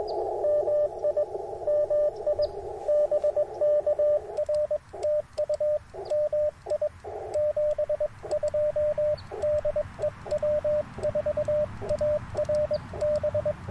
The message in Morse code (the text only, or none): MI MI BK R TU MI 72 DE W4ARB